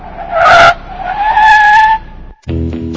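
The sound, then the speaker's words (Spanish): A car's tires screech loudly in two long, high-pitched squeals as it brakes to a stop outside a pool hall, followed by a brief hush and then a low, rumbling engine idle. “Párese afuera de un billar o en la ventana de un billar y vea que de repente va a llegar un coche muy, muy sospechoso.”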